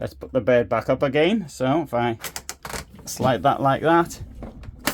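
In a Carado T334 motorhome, someone talks while sliding the manual drop-down bed over the dinette by hand to raise it back up into its stowed position in the ceiling. A few sharp taps are heard near the end, at 4.4 s and 4.9 s. The bed has not latched yet; nothing has seated or clicked.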